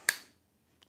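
A socket is pushed onto a square drive or extension and snaps in with a single loud, sharp click at 0.1 s, seated. A much fainter tick follows at about 0.8 s, and no one talks.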